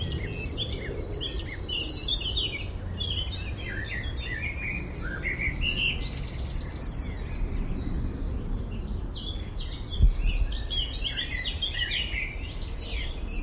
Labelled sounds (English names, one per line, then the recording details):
Common Blackbird
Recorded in the wild
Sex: male
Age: adult
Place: Friedhof Niederschönhausen III, Berlin, DE
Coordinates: 52.62, 13.46
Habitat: Stadtfriedhof
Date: 1994-05-12
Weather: sonnig, böiger Wind, 12-14°C
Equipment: Marantz CP 430, Sennheiser ME 80, Kopie Uher Variocord 263
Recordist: Tembrock, Günter